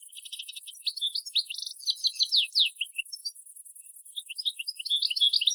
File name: Carduelis carduelis